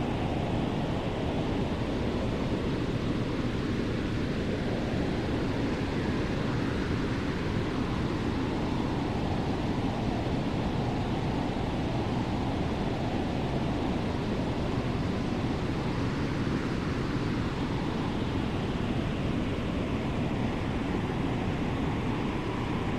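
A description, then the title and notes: A heater's steady rushing hiss blends with a deep, rumbling wind, holding an even level for the whole stretch with no breaks or distinct events. The sound is dense, weighted toward the low end, with faint slow swells in the middle range. White Noise Heater & Winter Wind Sounds.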